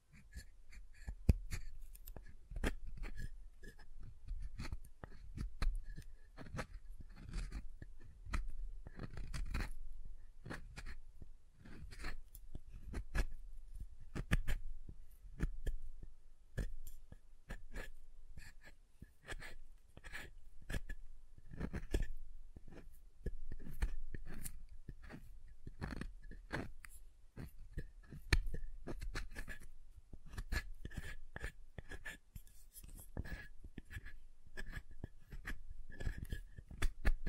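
Soap is tapped and carved in a steady run of short, crisp clicks and scrapes that keep coming densely for the whole length. Each hit has a dull low thump under a brighter edge, with a faint recurring tone in the middle range and no other sounds.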